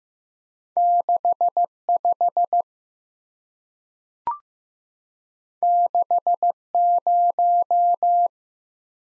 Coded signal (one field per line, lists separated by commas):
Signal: Morse code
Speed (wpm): 15 wpm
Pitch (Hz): 700 Hz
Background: none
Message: 6 5 6 0